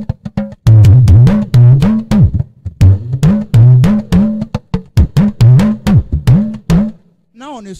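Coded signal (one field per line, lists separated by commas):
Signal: talking drum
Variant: Yoruba dùndún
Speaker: the pr means things of such will keep reoccurring so it it should be like a spell when we say death to keep reoccurring one's house so playing it at the barrier ceremony will be very wrong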